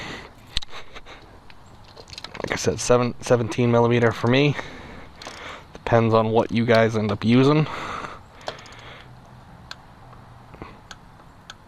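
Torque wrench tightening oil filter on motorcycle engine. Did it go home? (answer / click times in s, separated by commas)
yes / 11.5 s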